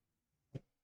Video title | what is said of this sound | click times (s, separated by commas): Short on the motherboard how to find and fix Lenovo Ideapad 330-17IKB 81DM disassembly laptop repair | And you see how it clicks in place. | 0.6 s